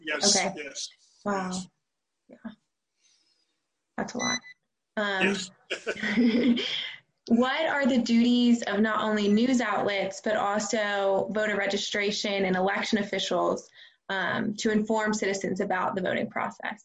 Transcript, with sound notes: Yes.
Wow, that’s a lot.
Yes.
(Laughter) What are the duties of not only news outlets but also voter registration and election officials to inform citizens about the voting process?